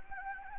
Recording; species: mosquito wingbeat signal from an infrared sensor; Anopheles gambiae